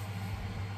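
A 3D-printed cap with outward-pointing compliant arms is handled against its housing, the arms meant to snap in and hold the cap in place. Only a steady low hum with broadband noise is heard over the 0.8 seconds, and nothing has seated or clicked yet.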